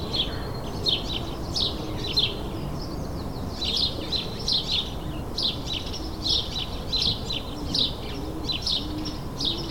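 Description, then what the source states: Sparrows chirping in bursts, bright chirps repeated at a fairly regular pace, with soft low hum beneath. Several sparrows in a suburban setting, May 2022.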